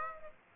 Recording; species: mosquito wingbeat signal from an infrared sensor; Aedes aegypti